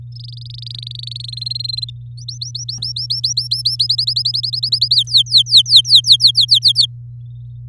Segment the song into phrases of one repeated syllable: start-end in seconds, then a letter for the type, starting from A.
0.12-1.05 A, 1.07-1.90 B, 2.17-3.76 C, 3.79-4.95 D, 4.96-6.86 E